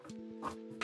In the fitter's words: again just rotate it until it sort of clicks into place